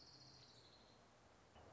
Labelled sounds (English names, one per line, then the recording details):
Orange-crowned Warbler
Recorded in Sonoma County, California